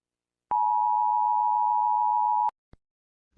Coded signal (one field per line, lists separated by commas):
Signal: Emergency Alert System (SAME) tones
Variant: 853 and 960 Hz attention tone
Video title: Fire In Texas (EAS scenario [READ DESCRIPTION])